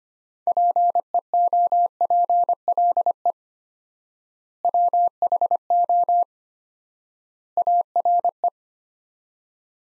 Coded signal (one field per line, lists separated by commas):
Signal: Morse code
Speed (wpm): 25 wpm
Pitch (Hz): 700 Hz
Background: none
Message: PEOPLE WHO ARE